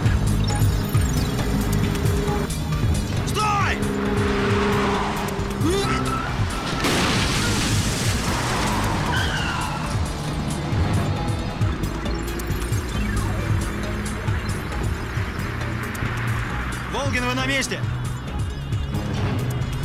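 A car engine roars steadily, then a loud crashing impact bursts out as the car rams another car blocking the road, followed by continued engine rumble and scraping noise as it drives away, under a dense, busy mix.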